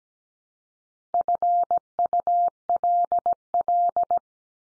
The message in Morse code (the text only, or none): FULL